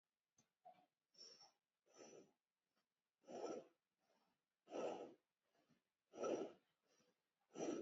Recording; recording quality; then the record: shallow breathing; excellent, no background noise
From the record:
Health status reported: healthy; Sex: female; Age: 42 years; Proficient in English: no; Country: India